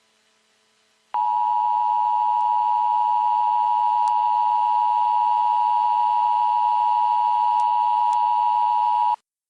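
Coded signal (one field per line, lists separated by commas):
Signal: Emergency Alert System (SAME) tones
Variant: 853 and 960 Hz attention tone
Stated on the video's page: Fictional EAS scenario, simulated alert.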